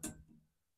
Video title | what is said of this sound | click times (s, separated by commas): Unbox and build the Pacycle Ebike trailer | and locks into place there we go | 0.0 s